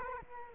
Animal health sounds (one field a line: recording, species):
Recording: mosquito wingbeat signal from an infrared sensor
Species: Culex quinquefasciatus